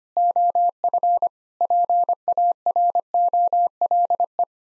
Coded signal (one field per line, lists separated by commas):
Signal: Morse code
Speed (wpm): 25 wpm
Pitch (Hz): 700 Hz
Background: none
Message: OF PAROLE